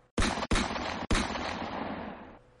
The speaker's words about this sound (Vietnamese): Ba tiếng súng vang lên liên tiếp